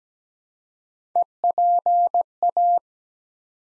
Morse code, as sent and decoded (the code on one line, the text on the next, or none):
. .--. .-
EPA